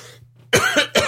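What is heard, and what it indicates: After a brief quiet moment, an adult man gives three quick, harsh coughs within about half a second, each a sharp burst of noise. A faint steady hum runs underneath. It is a plain cough, with no wheeze or whoop. The cough is put down to dust from the Great Dorset Steam Fair getting into his lungs. He has a very sore throat and has lost his voice.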